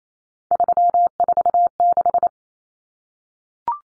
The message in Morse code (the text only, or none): 346